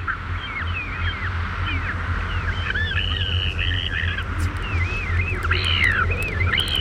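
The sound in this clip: Ivory Gull calls: a busy stream of short, high, arching screeches and mewing notes, several birds overlapping, over a constant low rumble.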